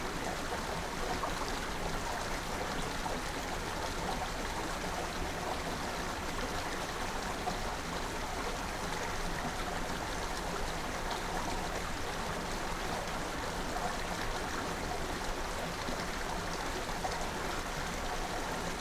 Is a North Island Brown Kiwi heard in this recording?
no